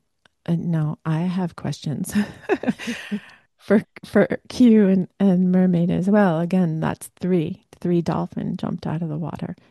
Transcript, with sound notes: So now I have questions (laughs) for, for Q and, and Mermaid as well. Again, that's three, three dolphin jumped out of the water,